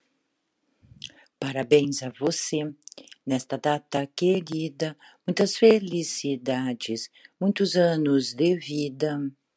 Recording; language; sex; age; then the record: short text; Brazilian Portuguese; female; 60 to 69 years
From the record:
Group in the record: control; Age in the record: 61 years